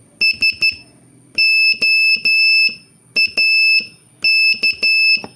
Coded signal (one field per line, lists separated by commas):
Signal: Morse code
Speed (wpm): 12 wpm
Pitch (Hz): 2650 Hz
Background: none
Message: SOAK